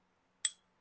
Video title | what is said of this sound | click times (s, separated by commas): Rack Store GEMs!! Niche Clones!! Taxco and Jubilee XXVl… Best JPG Scandal Clone 1st Impressions | it makes a clicking sound but it's just really snug | 0.5 s